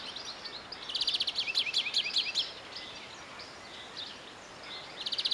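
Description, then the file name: European greenfinch giving rapid, twittering trilled bursts, one run of several quick notes early on and a short trill again near the end, with steady background hiss. "Chloris chloris"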